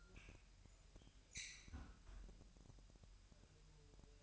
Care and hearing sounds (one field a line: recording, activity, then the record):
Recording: daily activity, microphone in the room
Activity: close fridge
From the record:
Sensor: 2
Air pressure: 1001.9 hPa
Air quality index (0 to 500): 248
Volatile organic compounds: 38 ppm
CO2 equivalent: 3120 ppm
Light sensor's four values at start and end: 8/28/11/10 and 8/28/11/10